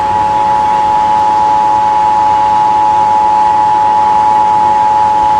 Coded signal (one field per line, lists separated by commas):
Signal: Emergency Alert System (SAME) tones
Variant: 853 and 960 Hz attention tone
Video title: EAS- San Diego County Required Monthly Test (RMT) On KOGO-AM, KHTS, And KGB-FM